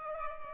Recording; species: mosquito wingbeat signal from an infrared sensor; Culex pipiens